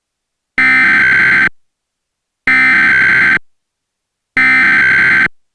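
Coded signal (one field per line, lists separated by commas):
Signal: Emergency Alert System (SAME) tones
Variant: header bursts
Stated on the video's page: Fictional EAS scenario alert about an endless eclipse.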